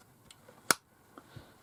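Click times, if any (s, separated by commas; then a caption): 0.7 s. The wheel of a hand-made wheel lock is wound with a spanner, tensioning the mainspring until the sear catches with one sharp, bright click at 0.7 s. Fainter small ticks come before and after it. The wheel is wound and caught, and the lock is ready to go.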